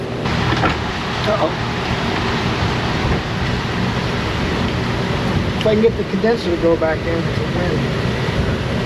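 Someone talks while an AC condenser is worked back into its mounting position in a car's front end, with steady engine-like rumble throughout. Nothing has seated or clicked yet; the clip ends before the condenser goes home.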